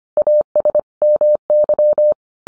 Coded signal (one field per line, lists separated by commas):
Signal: Morse code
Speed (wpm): 25 wpm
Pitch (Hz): 600 Hz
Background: none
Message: AS MY